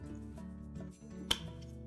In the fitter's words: Press it in until it locks in place.